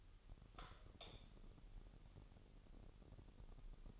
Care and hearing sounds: daily activity, microphone in the room; light on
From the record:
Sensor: 4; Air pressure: 989.2 hPa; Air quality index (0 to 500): 220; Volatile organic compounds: 76 ppm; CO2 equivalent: 3572 ppm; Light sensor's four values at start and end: 24/80/30/30 and 27/92/34/35

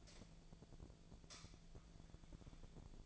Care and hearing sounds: daily activity, microphone in the room; light on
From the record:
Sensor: 5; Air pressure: 1009.9 hPa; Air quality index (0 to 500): 160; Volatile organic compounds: 4 ppm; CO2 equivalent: 1554 ppm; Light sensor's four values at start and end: 171/433/181/193 and 171/435/181/194

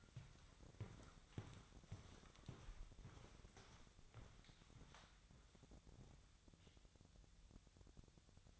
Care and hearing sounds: daily activity, microphone in the room; walk to room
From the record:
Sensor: 3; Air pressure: 999.4 hPa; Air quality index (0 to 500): 196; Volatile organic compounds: 43 ppm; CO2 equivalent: 3198 ppm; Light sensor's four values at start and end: 8/19/8/7 and 8/20/8/8

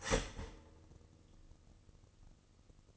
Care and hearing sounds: daily activity, microphone in the room; start toaster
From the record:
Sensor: 4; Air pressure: 1007.8 hPa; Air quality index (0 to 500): 103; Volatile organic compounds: 1 ppm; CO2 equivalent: 766 ppm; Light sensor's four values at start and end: 11/24/10/10 and 11/25/10/10

